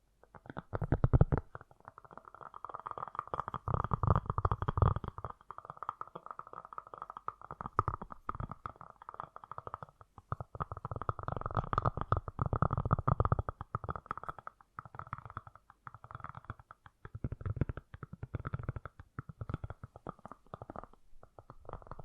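Fast, gentle tapping runs continuously for the whole stretch, a dense flurry of soft, quick hits with no real pauses. The taps have a hollow, slightly muffled tone with a low thud underneath, and the loudness swells and dips in waves throughout.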